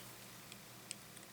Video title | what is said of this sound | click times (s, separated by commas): Retro Spot - Visionaries Darkstorm Figure | and that helmet snaps right into place here | 0.9 s